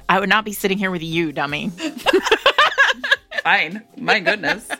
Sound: laughter